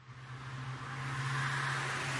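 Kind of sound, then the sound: vehicle, car driving past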